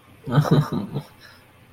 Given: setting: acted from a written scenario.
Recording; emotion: vocal sound without words; pain